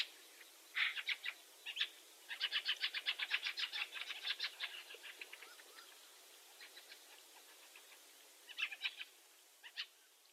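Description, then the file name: Eurasian magpie chattering: a few harsh notes, then a long, fast, dry rattle, then scattered shorter bursts. "Pica pica"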